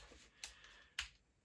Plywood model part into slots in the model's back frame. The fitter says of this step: and snaps it in.